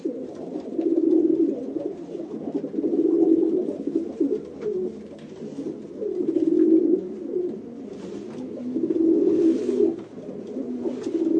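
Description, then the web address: Pigeon cooing in repeated low, throaty rounds, with occasional rustling bursts between them. "sound bird-pigeon"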